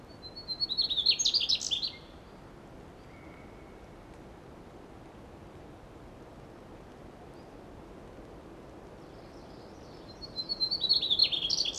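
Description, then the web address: Mugimaki flycatcher song, two short bursts of high twittering notes near the start and end, separated by a long quiet gap with steady background hiss. Recorded June 16 2012. "birdsong June 16 2012 Mmugimakii Dacha"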